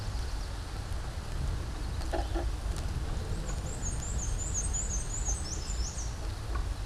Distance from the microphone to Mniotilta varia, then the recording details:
about 25 m. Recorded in a Pennsylvania forest on 17 May 2023 at 12:04. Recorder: AudioMoth, point grid1_9_low. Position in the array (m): 52 m, 83 m